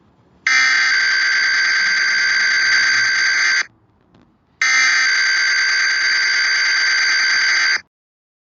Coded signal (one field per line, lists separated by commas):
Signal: Emergency Alert System (SAME) tones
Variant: header bursts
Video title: EAS Recreation:Utah Statewide Coronavirus EAS